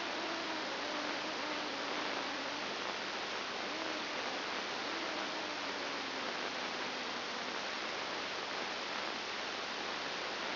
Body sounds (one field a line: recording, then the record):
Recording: brain microelectrode recording played as sound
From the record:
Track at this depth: inside the subthalamic nucleus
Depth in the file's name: 3.702 mm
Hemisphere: left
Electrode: 2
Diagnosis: Parkinson's disease